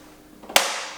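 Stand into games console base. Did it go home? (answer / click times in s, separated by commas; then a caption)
yes / 0.6 s. A vertical stand is pushed into the base of a plastic games console. A faint sound comes at 0.5 s, then a sharp, loud click at 0.6 s as the stand snaps home and seats, leaving the console standing up.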